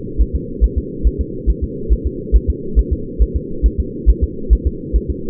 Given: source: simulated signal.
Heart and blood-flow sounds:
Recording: fetal heart sounds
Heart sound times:
0.21 s: S1
0.35 s: S2
0.64 s: S1
0.78 s: S2
1.07 s: S1
1.21 s: S2
1.50 s: S1
1.64 s: S2
1.93 s: S1
2.07 s: S2
2.36 s: S1
2.50 s: S2
2.79 s: S1
2.93 s: S2
3.22 s: S1
3.36 s: S2
3.66 s: S1
3.80 s: S2
4.09 s: S1
4.24 s: S2
4.53 s: S1
4.67 s: S2
4.96 s: S1
5.10 s: S2
From the record:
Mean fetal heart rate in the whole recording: 140 bpm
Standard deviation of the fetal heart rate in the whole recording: 2 bpm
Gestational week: 34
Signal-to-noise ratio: -4.3 dB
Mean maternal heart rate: 72 bpm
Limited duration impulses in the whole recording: absent

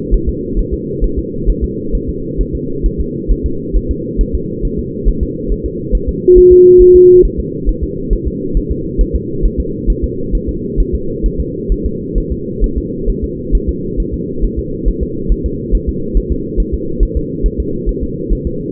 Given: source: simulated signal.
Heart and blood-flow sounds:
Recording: fetal heart sounds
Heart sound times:
0.14 s: S1
0.29 s: S2
0.59 s: S1
0.74 s: S2
1.04 s: S1
1.19 s: S2
1.50 s: S1
1.64 s: S2
1.95 s: S1
2.09 s: S2
2.41 s: S1
2.55 s: S2
2.86 s: S1
3.00 s: S2
3.31 s: S1
3.46 s: S2
3.76 s: S1
3.91 s: S2
4.21 s: S1
4.35 s: S2
4.65 s: S1
4.79 s: S2
5.09 s: S1
5.23 s: S2
5.52 s: S1
5.66 s: S2
5.95 s: S1
6.09 s: S2
6.38 s: S1
6.52 s: S2
6.82 s: S1
6.96 s: S2
7.25 s: S1
7.40 s: S2
7.69 s: S1
7.83 s: S2
8.13 s: S1
8.27 s: S2
8.57 s: S1
8.71 s: S2
9.01 s: S1
9.16 s: S2
9.45 s: S1
9.60 s: S2
9.90 s: S1
10.04 s: S2
10.35 s: S1
10.49 s: S2
10.80 s: S1
10.95 s: S2
11.26 s: S1
11.40 s: S2
11.72 s: S1
11.86 s: S2
12.18 s: S1
12.32 s: S2
12.64 s: S1
12.78 s: S2
13.10 s: S1
13.24 s: S2
13.55 s: S1
13.69 s: S2
14.00 s: S1
14.14 s: S2
14.44 s: S1
14.59 s: S2
14.88 s: S1
15.03 s: S2
15.32 s: S1
15.46 s: S2
15.75 s: S1
15.89 s: S2
16.17 s: S1
16.32 s: S2
16.60 s: S1
16.74 s: S2
17.03 s: S1
17.17 s: S2
17.46 s: S1
17.60 s: S2
17.89 s: S1
18.03 s: S2
18.33 s: S1
18.47 s: S2
From the record:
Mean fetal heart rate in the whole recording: 135 bpm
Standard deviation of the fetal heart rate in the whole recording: 3 bpm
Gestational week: 36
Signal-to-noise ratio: -6.6 dB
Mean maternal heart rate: 72 bpm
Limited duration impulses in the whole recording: present

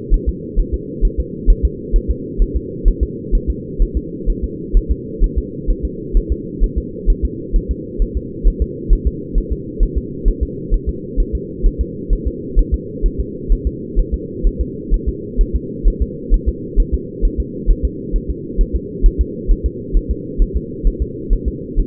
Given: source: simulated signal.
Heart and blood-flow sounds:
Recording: fetal heart sounds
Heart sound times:
0.14 s: S1
0.29 s: S2
0.59 s: S1
0.74 s: S2
1.05 s: S1
1.20 s: S2
1.50 s: S1
1.65 s: S2
1.96 s: S1
2.11 s: S2
2.42 s: S1
2.56 s: S2
2.88 s: S1
3.03 s: S2
3.35 s: S1
3.50 s: S2
3.82 s: S1
3.97 s: S2
4.30 s: S1
4.44 s: S2
4.77 s: S1
4.91 s: S2
5.24 s: S1
5.38 s: S2
5.71 s: S1
5.85 s: S2
6.17 s: S1
6.32 s: S2
6.64 s: S1
6.78 s: S2
7.10 s: S1
7.25 s: S2
7.56 s: S1
7.71 s: S2
8.02 s: S1
8.17 s: S2
8.48 s: S1
8.62 s: S2
8.93 s: S1
9.07 s: S2
9.38 s: S1
9.52 s: S2
9.83 s: S1
9.98 s: S2
10.28 s: S1
10.43 s: S2
10.74 s: S1
10.89 s: S2
11.20 s: S1
11.35 s: S2
11.67 s: S1
11.81 s: S2
12.13 s: S1
12.27 s: S2
12.59 s: S1
12.74 s: S2
13.06 s: S1
13.20 s: S2
13.53 s: S1
13.67 s: S2
13.99 s: S1
14.14 s: S2
14.47 s: S1
14.61 s: S2
14.94 s: S1
15.09 s: S2
15.41 s: S1
15.56 s: S2
15.88 s: S1
16.02 s: S2
16.34 s: S1
16.49 s: S2
16.80 s: S1
16.94 s: S2
17.25 s: S1
17.40 s: S2
17.71 s: S1
17.85 s: S2
18.16 s: S1
18.30 s: S2
18.61 s: S1
18.76 s: S2
19.06 s: S1
19.21 s: S2
19.51 s: S1
19.66 s: S2
19.97 s: S1
20.11 s: S2
20.42 s: S1
20.56 s: S2
20.87 s: S1
21.02 s: S2
21.33 s: S1
21.48 s: S2
21.80 s: S1
From the record:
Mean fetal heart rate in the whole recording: 130 bpm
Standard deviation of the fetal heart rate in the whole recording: 2 bpm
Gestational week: 38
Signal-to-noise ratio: -4.1 dB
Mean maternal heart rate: no maternal heart sound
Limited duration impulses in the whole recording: absent

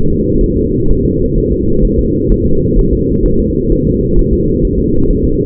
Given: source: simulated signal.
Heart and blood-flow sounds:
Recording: fetal heart sounds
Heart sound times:
0.11 s: S2
0.44 s: S1
0.58 s: S2
0.91 s: S1
1.05 s: S2
1.38 s: S1
1.52 s: S2
1.85 s: S1
1.99 s: S2
2.32 s: S1
2.46 s: S2
2.79 s: S1
2.93 s: S2
3.26 s: S1
3.40 s: S2
3.72 s: S1
3.87 s: S2
4.19 s: S1
4.33 s: S2
4.65 s: S1
4.79 s: S2
5.10 s: S1
5.25 s: S2
From the record:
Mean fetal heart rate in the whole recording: 130 bpm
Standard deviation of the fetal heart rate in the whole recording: 4 bpm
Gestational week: 38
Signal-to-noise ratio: -16.4 dB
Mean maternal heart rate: 72 bpm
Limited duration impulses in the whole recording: present

